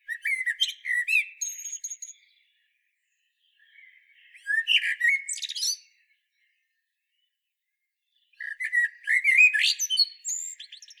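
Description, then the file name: Common blackbird song: three phrases of rich warbled whistles and thin high twitters, separated by a few seconds of silence. "Turdus merula"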